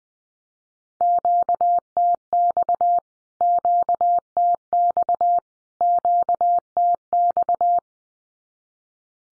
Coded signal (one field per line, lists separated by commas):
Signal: Morse code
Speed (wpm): 20 wpm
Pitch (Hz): 700 Hz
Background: none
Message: QTX QTX QTX